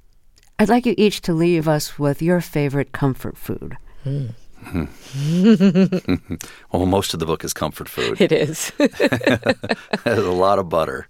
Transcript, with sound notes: I'd like you each to leave us with your favorite comfort food.
Well, most of the book is comfort food.
It is.
(LAUGHTER)
A lot of butter.